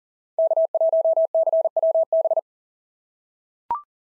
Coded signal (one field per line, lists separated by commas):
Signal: Morse code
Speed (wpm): 38 wpm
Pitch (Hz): 650 Hz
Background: none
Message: K1CWB